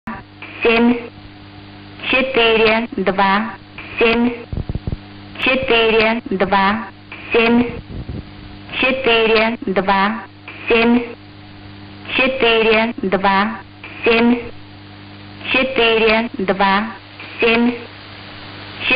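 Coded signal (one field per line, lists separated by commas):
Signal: numbers station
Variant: S06s, Russian female voice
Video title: 20 07 2021 Number station S06s Russian Lady in Russian to Eu 0733 on 7365 unknown tx site in CUSB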